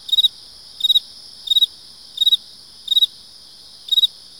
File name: kevin boucher animals insects field cricket chirp close by others in background